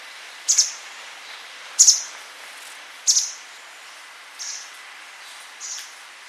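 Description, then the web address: A bird giving sharp, very high chirps repeated about every 1.3 seconds, the first three each a quick double note, the last two softer, over quiet hiss. "Deverinetal 2025 File origin Bird Only"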